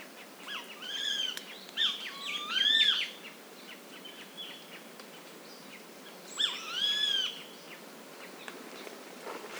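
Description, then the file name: Eurasian jay calls: several tonal, harmonic, arching notes in two bursts. "Garrulus glandarius"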